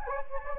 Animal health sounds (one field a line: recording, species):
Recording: mosquito wingbeat signal from an infrared sensor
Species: Anopheles gambiae